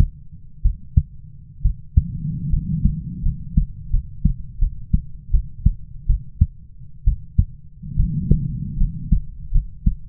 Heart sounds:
heart sounds by stethoscope; 74 bpm
0.63 s: heartbeat
1.62 s: heartbeat
2.50 s: heartbeat
3.23 s: heartbeat
3.91 s: heartbeat
4.59 s: heartbeat
5.31 s: heartbeat
6.07 s: heartbeat
7.05 s: heartbeat
7.97 s: heartbeat
8.78 s: heartbeat
9.52 s: heartbeat
From the record:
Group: healthy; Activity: rest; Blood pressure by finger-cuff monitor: 96/59 mmHg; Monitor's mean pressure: 73 mmHg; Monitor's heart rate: 73 bpm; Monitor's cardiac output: 7.2 L/min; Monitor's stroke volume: 94 mL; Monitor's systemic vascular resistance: 770 dyn s/cm5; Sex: female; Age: 22 years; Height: 157 cm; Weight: 47.6 kg

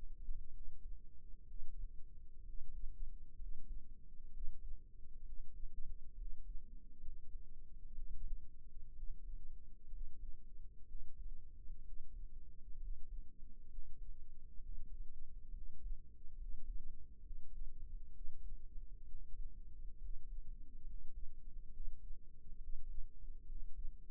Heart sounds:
heart sounds by microphone in the right ear; 65 bpm
0.51 s: heartbeat
1.45 s: heartbeat
2.43 s: heartbeat
3.36 s: heartbeat
4.31 s: heartbeat
5.23 s: heartbeat
6.15 s: heartbeat
7.01 s: heartbeat
7.92 s: heartbeat
8.93 s: heartbeat
9.89 s: heartbeat
10.85 s: heartbeat
11.82 s: heartbeat
12.78 s: heartbeat
13.68 s: heartbeat
14.60 s: heartbeat
15.51 s: heartbeat
16.36 s: heartbeat
17.21 s: heartbeat
18.11 s: heartbeat
19.05 s: heartbeat
19.99 s: heartbeat
20.84 s: heartbeat
21.71 s: heartbeat
22.58 s: heartbeat
23.45 s: heartbeat
From the record:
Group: healthy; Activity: rest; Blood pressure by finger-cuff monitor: 82/55 mmHg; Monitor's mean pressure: 65 mmHg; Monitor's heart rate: 65 bpm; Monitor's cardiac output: 5.5 L/min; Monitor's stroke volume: 84 mL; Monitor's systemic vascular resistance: 830 dyn s/cm5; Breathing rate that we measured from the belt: 17 breaths a minute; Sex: male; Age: 22 years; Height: 181 cm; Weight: 79 kg

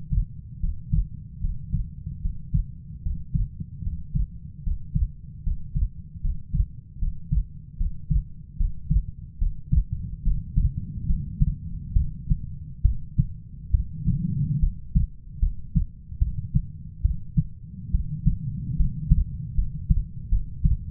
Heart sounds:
heart sounds by stethoscope; 73 bpm
0.59 s: heartbeat
1.40 s: heartbeat
2.21 s: heartbeat
3.02 s: heartbeat
3.82 s: heartbeat
4.62 s: heartbeat
5.43 s: heartbeat
6.21 s: heartbeat
6.98 s: heartbeat
7.77 s: heartbeat
8.56 s: heartbeat
9.38 s: heartbeat
10.22 s: heartbeat
11.06 s: heartbeat
11.93 s: heartbeat
12.82 s: heartbeat
13.71 s: heartbeat
14.59 s: heartbeat
15.39 s: heartbeat
16.19 s: heartbeat
17.02 s: heartbeat
17.91 s: heartbeat
18.76 s: heartbeat
19.55 s: heartbeat
20.29 s: heartbeat
From the record:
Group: healthy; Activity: Valsalva maneuver 0-9 s, rest 9-21 s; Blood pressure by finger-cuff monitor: 136/69 mmHg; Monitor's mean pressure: 87 mmHg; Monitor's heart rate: 74 bpm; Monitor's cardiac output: 5.8 L/min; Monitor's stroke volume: 81 mL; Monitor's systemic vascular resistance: 1060 dyn s/cm5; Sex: female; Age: 37 years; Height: 168 cm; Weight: 70 kg

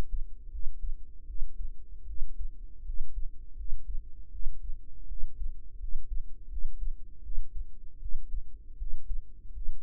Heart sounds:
heart sounds by microphone in the right ear; 80 bpm
0.50 s: heartbeat
1.25 s: heartbeat
2.05 s: heartbeat
2.84 s: heartbeat
3.55 s: heartbeat
4.30 s: heartbeat
5.07 s: heartbeat
5.78 s: heartbeat
6.48 s: heartbeat
7.21 s: heartbeat
7.98 s: heartbeat
8.76 s: heartbeat
9.52 s: heartbeat
From the record:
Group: healthy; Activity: rest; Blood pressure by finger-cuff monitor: 104/67 mmHg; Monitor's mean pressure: 80 mmHg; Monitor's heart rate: 81 bpm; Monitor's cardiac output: 6.8 L/min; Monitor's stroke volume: 83 mL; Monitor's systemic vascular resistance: 840 dyn s/cm5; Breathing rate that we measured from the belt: 20 breaths a minute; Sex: female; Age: 19 years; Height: 163 cm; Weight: 48.9 kg

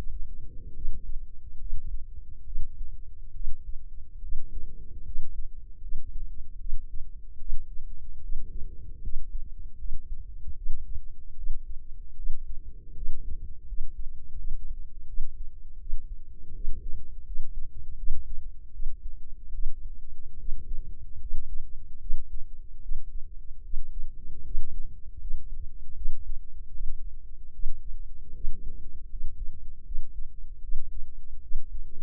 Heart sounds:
heart sounds by microphone in the left ear; 76 bpm
0.71 s: heartbeat
1.56 s: heartbeat
2.42 s: heartbeat
3.31 s: heartbeat
4.19 s: heartbeat
5.02 s: heartbeat
5.78 s: heartbeat
6.56 s: heartbeat
7.36 s: heartbeat
8.19 s: heartbeat
8.99 s: heartbeat
9.75 s: heartbeat
10.54 s: heartbeat
11.33 s: heartbeat
12.14 s: heartbeat
12.92 s: heartbeat
13.64 s: heartbeat
14.34 s: heartbeat
15.05 s: heartbeat
15.77 s: heartbeat
16.51 s: heartbeat
17.23 s: heartbeat
17.95 s: heartbeat
18.70 s: heartbeat
19.50 s: heartbeat
20.36 s: heartbeat
21.18 s: heartbeat
21.98 s: heartbeat
22.79 s: heartbeat
23.61 s: heartbeat
24.42 s: heartbeat
25.17 s: heartbeat
25.93 s: heartbeat
26.70 s: heartbeat
27.51 s: heartbeat
28.31 s: heartbeat
29.07 s: heartbeat
29.82 s: heartbeat
30.59 s: heartbeat
31.39 s: heartbeat
From the record:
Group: healthy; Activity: rest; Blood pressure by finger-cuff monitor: 107/68 mmHg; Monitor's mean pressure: 78 mmHg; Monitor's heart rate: 75 bpm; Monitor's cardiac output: 5.9 L/min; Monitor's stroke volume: 77 mL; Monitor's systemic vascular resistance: 990 dyn s/cm5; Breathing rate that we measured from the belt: 15 breaths a minute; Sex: female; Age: 23 years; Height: 160 cm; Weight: 50.4 kg

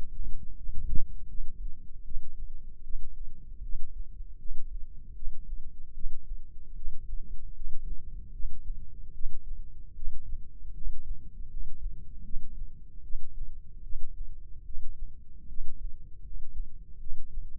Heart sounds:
heart sounds by microphone in the left ear; 77 bpm
0.55 s: heartbeat
1.26 s: heartbeat
2.03 s: heartbeat
2.82 s: heartbeat
3.62 s: heartbeat
4.37 s: heartbeat
5.14 s: heartbeat
5.93 s: heartbeat
6.74 s: heartbeat
7.53 s: heartbeat
8.32 s: heartbeat
9.12 s: heartbeat
9.94 s: heartbeat
10.73 s: heartbeat
11.48 s: heartbeat
12.23 s: heartbeat
13.02 s: heartbeat
13.82 s: heartbeat
14.64 s: heartbeat
15.46 s: heartbeat
16.22 s: heartbeat
16.98 s: heartbeat
From the record:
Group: healthy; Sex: female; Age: 19 years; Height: 163 cm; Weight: 51 kg

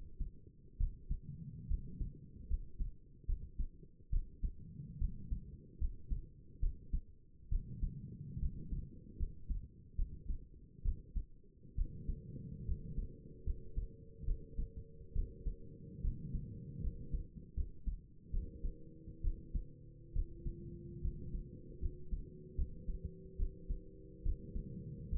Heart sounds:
heart sounds by stethoscope; 72 bpm
0.79 s: heartbeat
1.69 s: heartbeat
2.49 s: heartbeat
3.27 s: heartbeat
4.11 s: heartbeat
5.00 s: heartbeat
5.80 s: heartbeat
6.61 s: heartbeat
7.50 s: heartbeat
8.41 s: heartbeat
9.18 s: heartbeat
9.97 s: heartbeat
10.84 s: heartbeat
11.77 s: heartbeat
12.67 s: heartbeat
13.45 s: heartbeat
14.26 s: heartbeat
15.14 s: heartbeat
16.03 s: heartbeat
16.82 s: heartbeat
17.55 s: heartbeat
18.32 s: heartbeat
19.23 s: heartbeat
20.14 s: heartbeat
21.03 s: heartbeat
21.81 s: heartbeat
22.57 s: heartbeat
23.38 s: heartbeat
24.24 s: heartbeat
25.10 s: heartbeat
From the record:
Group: healthy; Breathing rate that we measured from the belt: 15 breaths a minute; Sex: female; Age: 22 years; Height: 163 cm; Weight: 67.1 kg

